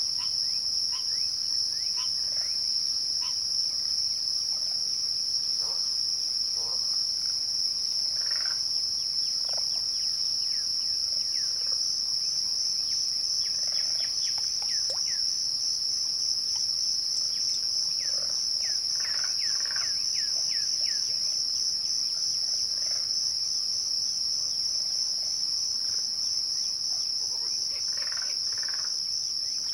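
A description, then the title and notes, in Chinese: Birds call at dusk over a constant, shrill insect chorus that holds one high, unbroken pitch for the whole half minute. Short chirps and whistles from several birds come and go every few seconds, with no other sounds intruding. 大自然的声音-暮光鸟鸣3。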